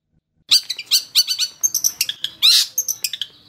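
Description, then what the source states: Long-tailed shrike song, a rapid run of harsh, scratchy notes and squawky chatter packed closely together. Indonesian cendet song; training recording for songbird keepers, a master track.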